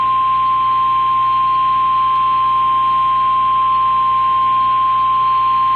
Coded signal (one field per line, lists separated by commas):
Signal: Emergency Alert System (SAME) tones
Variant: 853 and 960 Hz attention tone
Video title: [EAS] WQDR - 2024 NC Statewide Tornado Drill/RMT